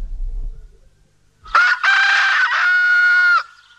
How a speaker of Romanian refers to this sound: Un cocoșel! Din sipet a ieșit un cocoșel!